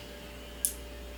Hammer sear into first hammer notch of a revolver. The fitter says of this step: now pull it and slowly slowly safely pull back until you hear the first click